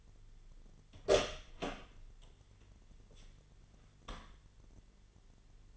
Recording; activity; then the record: daily activity, microphone in the room; open door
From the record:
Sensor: 4